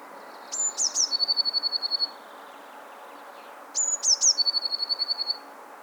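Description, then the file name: Eurasian blue tit singing two phrases, each a few thin high notes sliding down, then a fast, even trill of about a dozen notes, separated by about two seconds. "Cyanistes caeruleus"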